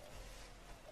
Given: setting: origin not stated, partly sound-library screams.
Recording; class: one-second piece from a danger detection set; normal situation